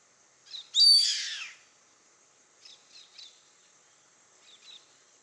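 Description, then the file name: Yellow-headed caracara giving one loud, harsh descending scream, followed by several faint, short squeaky notes in the seconds after. "Canto do gaviao carrapateiro Milvago chimachima"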